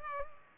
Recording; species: mosquito wingbeat signal from an infrared sensor; Culex pipiens